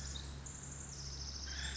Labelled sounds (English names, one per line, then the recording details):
Pacific Wren
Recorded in Sonoma County, California